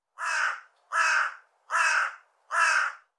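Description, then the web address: Bird giving four hoarse, harsh caws, each about half a second long and spaced evenly roughly three-quarters of a second apart, against silence. "cianscape birddata Deverinetal 2025"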